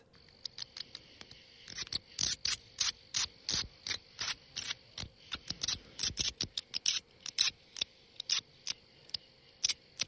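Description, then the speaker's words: Little brown bat echolocation calls, pitch-lowered into rapid, irregular trains of sharp clicks and buzzy pulses, some in quick bursts, against a faint steady hum. Echolocation calls used like sonar to navigate, lowered in pitch by equipment so they are audible; species common in the local area. "being the echolocation sounds being produced by a little brown bat, which is a bat that's common in our area."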